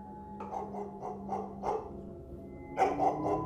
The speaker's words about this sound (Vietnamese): Ông đang đi đến gần nhà thì thấy từ trong ngõ vang lên tiếng sủa đứt đoạn của con chó nhà hàng xóm.